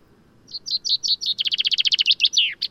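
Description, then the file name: Common chaffinch song: a quick run of high chirps speeding into a dense trill, then a sharp downslurred flourish and one final note, all in under three seconds. "Fringilla coelebs"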